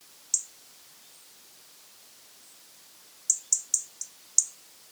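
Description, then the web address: European robin calls: one crisp high tick, a long pause, then a rapid run of five ticks in a little over a second. "SETE Erithacus rubecula"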